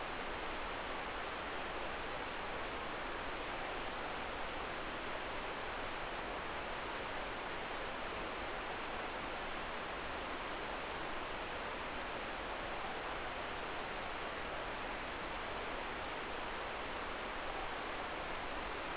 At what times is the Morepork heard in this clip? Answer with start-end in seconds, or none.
none